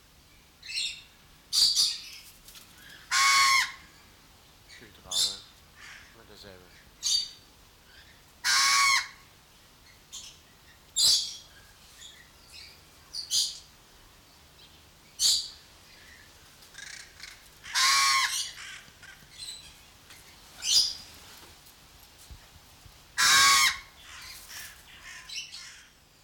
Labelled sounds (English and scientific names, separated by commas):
Pied Crow (Corvus albus) call